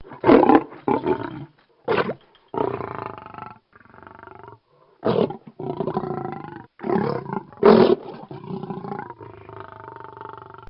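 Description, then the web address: Lion growling in a series of rough, rumbling bursts, some short and forceful, others longer and drawn out, separated by brief silent gaps. "Bobby Cole Lion-Growl"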